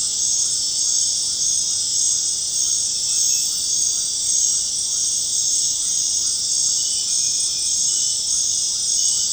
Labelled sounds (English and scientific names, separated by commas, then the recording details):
none
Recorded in secondary vegetation near Puerto Asís, Putumayo, Colombia, on 22 June 2025 at 19:00
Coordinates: 0.484, -76.319
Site G074